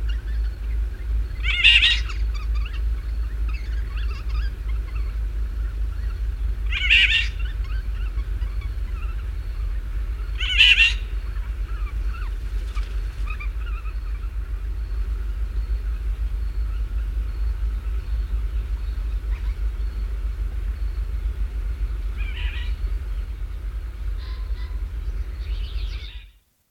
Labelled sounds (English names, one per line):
Eurasian Golden Oriole song